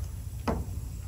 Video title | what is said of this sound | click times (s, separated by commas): Changing a Semi Truck Cab Air Bag - 2013 Freightliner Cab Air Bag - DIY Trucking Repairs | You might even hear that little sound of it clicking, okay? | 0.5 s